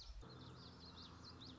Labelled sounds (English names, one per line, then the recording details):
Common Yellowthroat
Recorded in Sonoma County, California